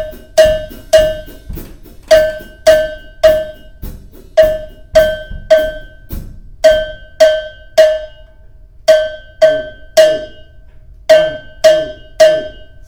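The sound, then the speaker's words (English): A cowbell is played during a bell rhythm lesson: a steady repeating rhythm of sharp, bright metallic strikes in short grouped patterns, each hit ringing briefly. It is loud and continuous throughout, with no voices. “Some people, they struggle because maybe they are not drummers, but they play the bell so they can just.”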